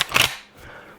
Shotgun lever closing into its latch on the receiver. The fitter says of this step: so hasn't uh hasn't hurt me by the way that little snap that you heard at the end there